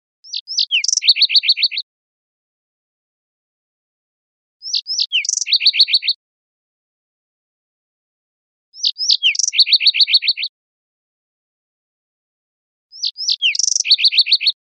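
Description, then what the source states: Yellow-eyed junco song: four high phrases about four seconds apart, each opening with two sharp descending whistles, a brief buzzy burst, then a rapid trill of chips; silence between. Recorded 20 April 2002.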